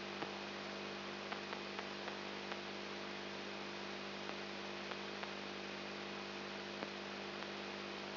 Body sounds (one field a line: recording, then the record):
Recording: brain microelectrode recording played as sound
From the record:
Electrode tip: outside the subthalamic nucleus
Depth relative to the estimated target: -6 mm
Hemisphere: right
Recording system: AlphaMap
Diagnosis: Parkinson's disease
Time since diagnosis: 7 years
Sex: female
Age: 55 years